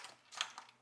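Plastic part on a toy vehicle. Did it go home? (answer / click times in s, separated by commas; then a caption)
yes / 0.4 s. A plastic part on a toy vehicle is pushed again and locks in place with a sharp click at 0.4 s. A softer click follows at 0.6 s. The part is confirmed seated.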